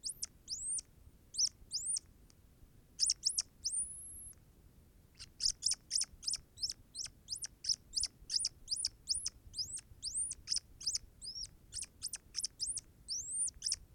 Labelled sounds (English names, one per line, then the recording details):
Hazel Dormouse
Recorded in captivity
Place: Zoologisches Institut der HUB, Berlin, DE
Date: 1969-11-22
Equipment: Studioanlage
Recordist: TSA
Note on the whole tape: Abwehrlaute in Schallkammer